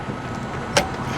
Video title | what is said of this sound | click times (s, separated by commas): NACS to CCS adapter by ELEGRP we use to charge the Rivian R1S at Tesla Supercharger | There we go. And when you plug it in, you wanna hear a click. | 0.8 s